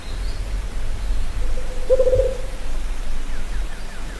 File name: Canto da juruva